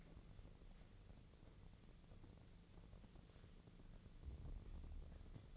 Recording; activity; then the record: daily activity, microphone in the room; wipe stove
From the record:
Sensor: 4